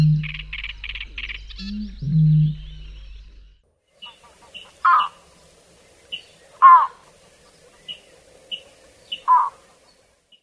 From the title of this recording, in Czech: Ptáci našich vod a mokřadů